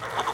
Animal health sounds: pig call; piglet (1 to 25 days)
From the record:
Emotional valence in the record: positive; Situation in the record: huddling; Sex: male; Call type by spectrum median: low-frequency call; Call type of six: low-frequency tonal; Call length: 0.34 s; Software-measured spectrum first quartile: 837 Hz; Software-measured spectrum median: 1165 Hz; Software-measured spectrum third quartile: 2074 Hz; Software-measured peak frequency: 1015 Hz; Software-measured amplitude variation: 119 dB a second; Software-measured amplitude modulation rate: 10.4 a second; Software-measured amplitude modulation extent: 11.5 dB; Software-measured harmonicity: 1.4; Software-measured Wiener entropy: -0.77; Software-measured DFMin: 1183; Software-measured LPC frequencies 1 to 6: 892, 1919, 3118, 3522, 4458, 6169 Hz

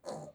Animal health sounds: pig call; piglet (1 to 25 days)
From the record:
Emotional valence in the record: negative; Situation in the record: restrain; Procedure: back test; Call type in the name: low-frequency call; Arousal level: maximum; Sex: male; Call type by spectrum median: low-frequency call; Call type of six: low-frequency stable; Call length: 0.35 s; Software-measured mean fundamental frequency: 51 Hz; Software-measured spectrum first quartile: 471 Hz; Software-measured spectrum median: 698 Hz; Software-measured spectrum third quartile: 1777 Hz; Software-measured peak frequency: 524 Hz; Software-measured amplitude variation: 214 dB a second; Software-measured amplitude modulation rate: 18.7 a second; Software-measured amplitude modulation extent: 11.4 dB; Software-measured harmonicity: 2.6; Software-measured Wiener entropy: -1.72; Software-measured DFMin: 1649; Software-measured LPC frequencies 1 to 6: 583, 1779, 4280, 5577, 6589, 7151 Hz

